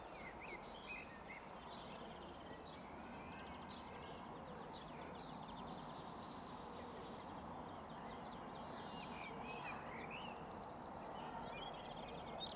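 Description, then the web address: Chirping birds: quick twitters at the start, sparse calls mid-way, then fast rattling trills near the end, all over a steady wash of traffic noise. Birds chirping in a city park with distant traffic. "Sonik Sound Library - Spatial Cities Ambience, City Park, Distant Traffic, Voices, Birds Chirping"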